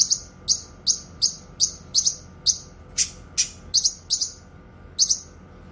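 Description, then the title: Streaked spiderhunter singing a series of loud, high, clipped chips, roughly two or three each second, some doubled, with a low background hum. Tutor song for training birds; singing vigorously, clear and long. "Pijantung Gunung Gacor Jernih Panjang"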